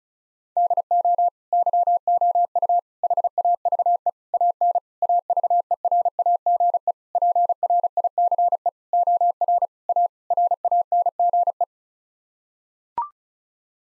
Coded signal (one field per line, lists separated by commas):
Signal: Morse code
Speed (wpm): 36 wpm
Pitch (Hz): 700 Hz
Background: none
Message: DO YOU HAVE AN AVERAGE PRICE OR A RANGE